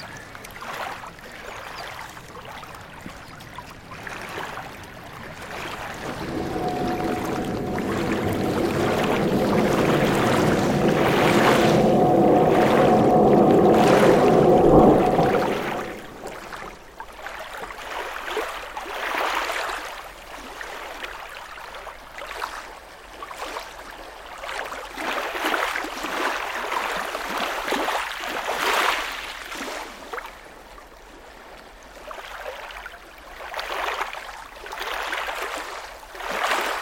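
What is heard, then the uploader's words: A working harbour by the seaside, with a steady wash of water and scattered knocks and clatters throughout. From about six to fifteen seconds a boat engine runs with a low, even drone and a steady tone above it, then cuts off, leaving quieter lapping water. Seaside and Working Harbour.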